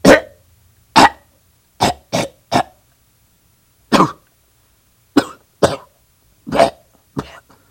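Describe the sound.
Dog barking, about ten short gruff barks, some single and some in quick runs, with silent gaps between them.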